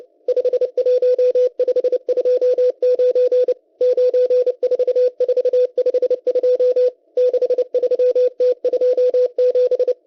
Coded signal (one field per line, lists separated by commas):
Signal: Morse code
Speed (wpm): 29 wpm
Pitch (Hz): 500 Hz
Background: radio noise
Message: 51529 94452 63T27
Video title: M12 Morse Code Numbers 25/04/2024 2020 UTC 11139kHz